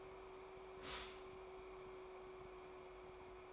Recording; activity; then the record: daily activity, microphone in the room; stop toaster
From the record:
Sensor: 1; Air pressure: 1014.7 hPa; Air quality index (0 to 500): 201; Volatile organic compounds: 34 ppm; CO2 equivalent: 3048 ppm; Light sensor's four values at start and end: 3/8/3/3 and 3/8/3/3